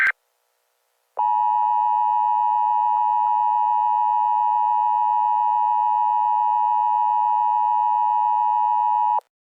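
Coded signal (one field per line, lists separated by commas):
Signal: Emergency Alert System (SAME) tones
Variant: 853 and 960 Hz attention tone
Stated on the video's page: Fictional dinosaur scenario using valid EAS tones; not a real alert.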